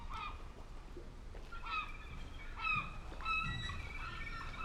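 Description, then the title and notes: Gull calls: a few loud, nasal cries with sharply falling slurs, some overlapping, over a low background rumble. Gulls with lapping water in the fishing harbour of Reine, Sørvågen, Norway, at noon; all calm, fishermen, tourists and traffic; recorded on a MixPre-6 II with DPA 4041 microphone in Cinela PIA2. "PORT DE PECHE AU REPOS _ Gamle Sørvågen 12, 8392 Sørvågen, Norvège - MOUETTES ET CLAPOTIS PORT DE PECHE. MOUETTES ET CLAPOTIS dans le port de Reine. Il est midi et tout est calme, pêcheurs, touristes et circulation"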